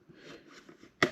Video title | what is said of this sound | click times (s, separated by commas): Réparation écran, démontage Asus S410U | parties qui sont déjà hop voilà ça déclipse ça déclipse voilà | 1.0 s